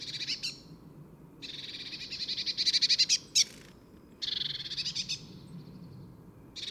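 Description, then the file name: Eurasian blue tit churring loudly: harsh, rapidly stuttering buzzes, one long run nearly two seconds, broken by a sharp click-like note, then more bursts. "Cyanistes caeruleus"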